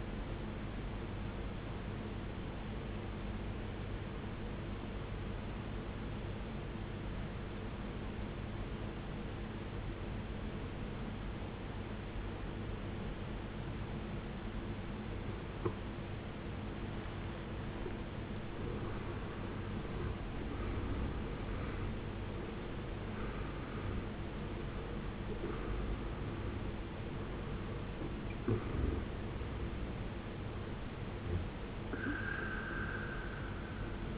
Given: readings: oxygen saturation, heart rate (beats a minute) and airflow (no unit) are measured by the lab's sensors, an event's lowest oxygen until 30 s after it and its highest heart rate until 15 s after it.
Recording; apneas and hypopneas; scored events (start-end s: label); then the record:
breathing in sleep by a voice recorder at the bedside; 1
2.00-34.18 s: new sleep stage, N2 (light sleep)
5.00-18.50 s: obstructive apnea (N2, oxygen 95% highest, then 79% lowest, heart rate 63 at the start, 77 highest)
From the record:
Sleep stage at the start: N1 (lightest sleep); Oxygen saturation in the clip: 81 to 95%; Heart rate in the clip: 55 to 77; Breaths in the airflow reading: 5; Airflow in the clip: -14.1 to 15.8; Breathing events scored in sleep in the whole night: 389 in 6.3 hours asleep